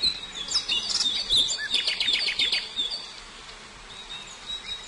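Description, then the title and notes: Prinia song: high, busy chirps and sharp twittering notes in quick succession, growing quieter after about three seconds. Complete song including the ngerol rolling song style. "Suara Kicau Burung Prenjak Lengkap dan Ngerol"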